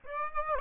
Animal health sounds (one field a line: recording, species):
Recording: mosquito wingbeat signal from an infrared sensor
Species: Aedes aegypti